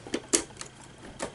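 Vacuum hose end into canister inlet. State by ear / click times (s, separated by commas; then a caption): seated / 0.3 s. The plastic hose end of an Electrolux Grand Marquise Model 1521 vacuum cleaner is pushed, top side up, into the canister's suction inlet. A light rattle at 0.1 s comes before a sharp, bright click at 0.4 s as the hose seats, and fainter taps follow at 0.6 s and 1.2 s. The hose is confirmed to be locked in.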